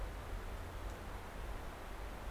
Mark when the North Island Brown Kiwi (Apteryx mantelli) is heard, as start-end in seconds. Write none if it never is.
none